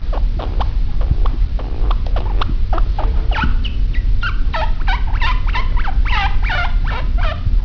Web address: peppi chinchilla singen